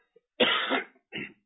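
Two coughs from an adult with a summer cold of about a week and a half: a strong harsh burst, then a softer one. The congestion sits at the top of the lungs and is slow to clear, and he is on the mend.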